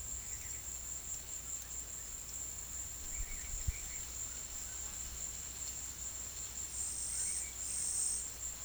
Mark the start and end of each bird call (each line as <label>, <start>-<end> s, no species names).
bird call, 3.08-4.08 s
bird call, 7.10-7.49 s